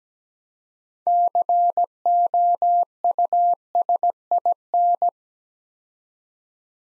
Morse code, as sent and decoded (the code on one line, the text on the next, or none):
-.-. --- ..- ... .. -.
COUSIN